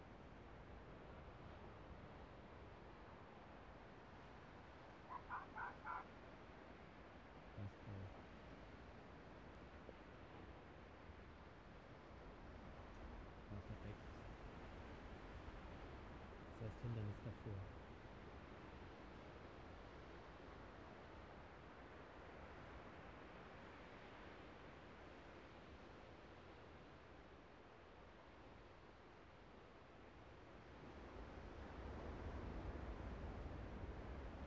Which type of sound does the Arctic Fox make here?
barking